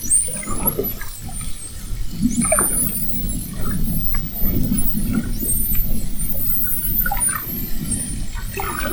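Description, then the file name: Spinner dolphins whistling, frequent high upswept and wavering whistles from start to end, over a low underwater rumble. Whistles of spinner dolphins recorded at Fernando de Noronha. "Sons rotadores FN assovios"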